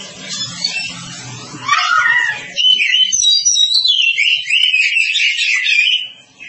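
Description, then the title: Oriental magpie-robin song, loud varied whistles and rapid chattering phrases running continuously after the first two seconds of low hum and muffled noise. "Kacer"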